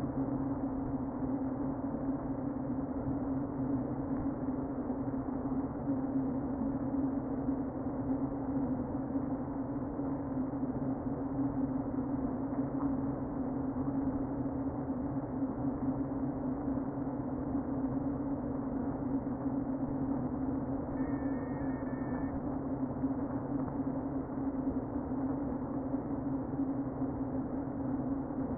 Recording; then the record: honeybee colony, microphone inside the hive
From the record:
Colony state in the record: queen present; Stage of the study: before two queens were removed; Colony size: about 60,000 bees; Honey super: yes